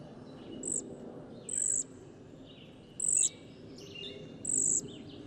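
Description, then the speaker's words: Cedar Waxwing calls: four very high, thin, level hissing notes spaced about one to one and a half seconds apart over a low background hum. Described as a very thin, high call that does not carry far and is easy to pick out overhead once familiar. "And we've got a cedar waxwing song there. Very thin call."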